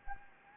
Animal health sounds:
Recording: mosquito wingbeat signal from an infrared sensor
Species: Anopheles gambiae

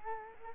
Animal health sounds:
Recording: mosquito wingbeat signal from an infrared sensor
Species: Culex quinquefasciatus

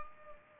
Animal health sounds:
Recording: mosquito wingbeat signal from an infrared sensor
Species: Culex pipiens

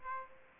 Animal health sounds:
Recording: mosquito wingbeat signal from an infrared sensor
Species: Aedes aegypti

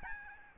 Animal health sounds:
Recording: mosquito wingbeat signal from an infrared sensor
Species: Aedes albopictus

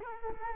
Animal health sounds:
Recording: mosquito wingbeat signal from an infrared sensor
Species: Culex quinquefasciatus

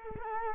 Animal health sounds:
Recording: mosquito wingbeat signal from an infrared sensor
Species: Culex quinquefasciatus

